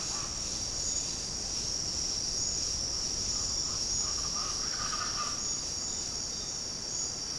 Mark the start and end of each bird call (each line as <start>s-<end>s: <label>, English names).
3.26s-5.41s: Speckled Chachalaca